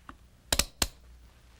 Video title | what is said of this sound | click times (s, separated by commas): Enhanced Evaporative Emissions | finally of course the fuel cap if it's not tightened through at least three clicks | 0.1 s, 0.5 s, 0.8 s